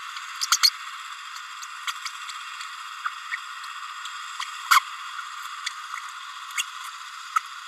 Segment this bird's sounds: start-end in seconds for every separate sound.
0.42-0.46, 0.51-0.57, 0.63-0.69, 1.87-1.92, 3.31-3.36, 4.70-4.80, 6.57-6.62, 7.36-7.39